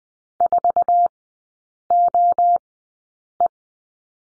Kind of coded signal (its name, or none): Morse code